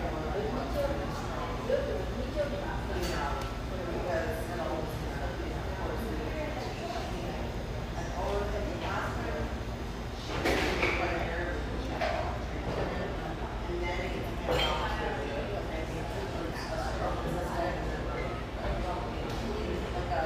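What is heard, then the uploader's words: Background noise in a café: a steady wash of overlapping voices and chatter with a constant low hum underneath. Sharp clinks and clatters of dishes break through now and then, most clearly around ten and fourteen seconds. Cheerful, bustling background noise of this sunny café in one of the OC's most upscale neighborhoods.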